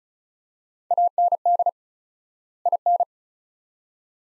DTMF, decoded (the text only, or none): none